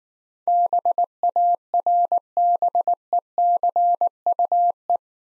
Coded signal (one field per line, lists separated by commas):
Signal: Morse code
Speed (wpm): 19 wpm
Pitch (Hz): 700 Hz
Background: none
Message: BARBECUE